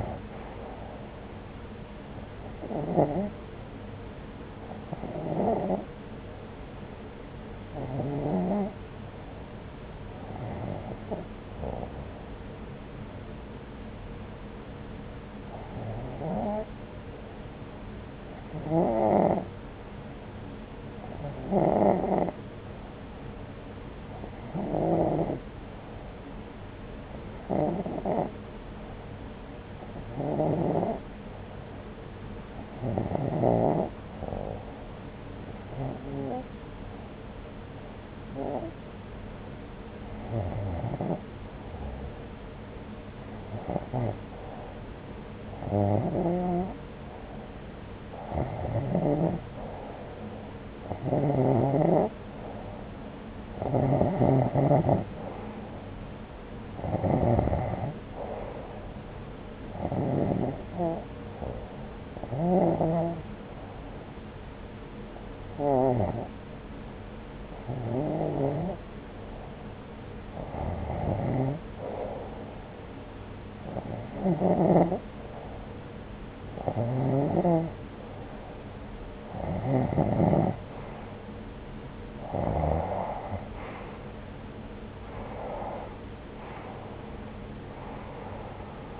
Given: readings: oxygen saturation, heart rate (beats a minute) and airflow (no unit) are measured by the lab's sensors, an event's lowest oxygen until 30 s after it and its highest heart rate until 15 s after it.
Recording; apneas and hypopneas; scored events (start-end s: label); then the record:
breathing in sleep by a voice recorder at the bedside; 1
11.00-47.00 s: hypopnea (REM, oxygen 91% highest, then 86% lowest)
From the record:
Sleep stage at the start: REM sleep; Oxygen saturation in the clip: 86 to 92%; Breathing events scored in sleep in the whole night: 303 in 8.1 hours asleep